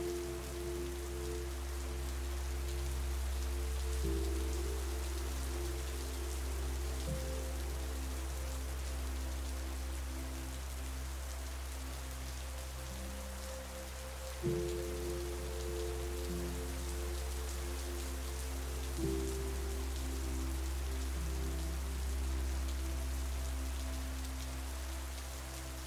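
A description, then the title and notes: Steady, dense rain falls throughout, a constant hiss of countless drops on a surface. Beneath it, soft sustained music holds low, warm tones, its chords shifting slowly around 4, 7, 14 and 19 seconds while the rain never lets up. Abundant RAIN and Gentle MUSIC for a Peaceful NIGHT. Delicate rhythm of falling drops, accompanied by gentle music.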